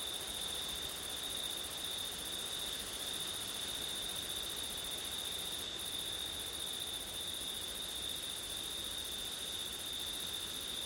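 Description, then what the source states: Crickets trilling in an even, continuous chorus, one dominant high band with a thinner higher trill above, over a low wash of wind. Crickets on a windy September night; ORTF stereo.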